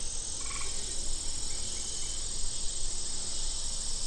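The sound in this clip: Cicada song: a continuous high-pitched buzz without breaks, a brief chirping note early on, and low rumble underneath.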